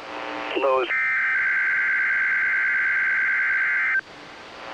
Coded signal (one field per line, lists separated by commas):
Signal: Emergency Alert System (SAME) tones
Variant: header bursts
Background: speech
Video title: EAS Capture #19-20 - Final RWTs of the year.